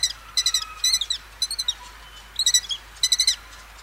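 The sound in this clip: Lesser kestrel calling in rapid grating clusters of three or four notes. About six bursts follow one another over a few seconds.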